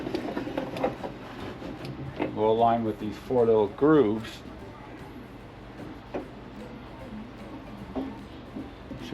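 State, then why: Not seated. The outer door ledge seal of a 1987 Wrangler, which has four plastic clips, is handled and lined up with the four grooves in the door before the clips are pushed in, while someone talks. Light handling taps and rustles are heard near the start, with a faint knock around 6.1 s. Nothing has seated or clicked yet.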